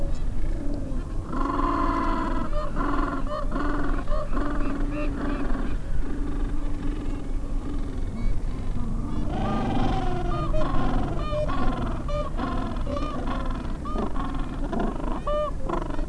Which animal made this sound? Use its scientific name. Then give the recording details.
Pygoscelis papua. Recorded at the colony at Yankee Harbour, Antarctica, on 7 December 2015. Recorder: Song Meter SM2+